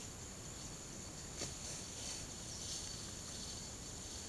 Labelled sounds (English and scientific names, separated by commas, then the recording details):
none
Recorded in pastures near Puerto Asís, Putumayo, Colombia, on 13 March 2025 at 16:30
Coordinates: 0.486, -76.323
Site G075